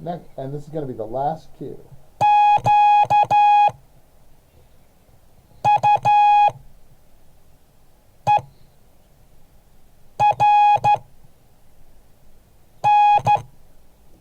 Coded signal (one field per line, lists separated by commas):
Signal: Morse code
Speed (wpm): 12 wpm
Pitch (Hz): 830 Hz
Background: speech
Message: EQUERN